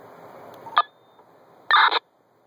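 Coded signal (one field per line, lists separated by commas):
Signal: radio ID data burst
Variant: MDC1200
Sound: short click, then a quarter-second raspy digital burst as the radio unkeys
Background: radio static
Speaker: that's that's the NBC 4 horse walk there on D key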